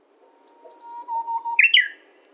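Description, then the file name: Japanese bush warbler singing a sustained whistle that swells, ending in a bright, sharp two-part flourish. "uguisu"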